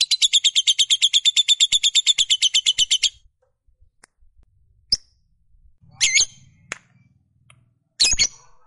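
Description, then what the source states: Lovebird giving a three-second burst of rapid buzzy chatter, then silence broken by a few clicks and two harsh squawks. Fighter-type lovebird giving a long chatter, called ngekek panjang.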